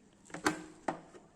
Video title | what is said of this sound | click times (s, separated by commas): Making Custom Cafe racer Seat pan and body panels - Project Pulsar Cafe Racer | just sits there and locks in place and | 0.5 s, 0.9 s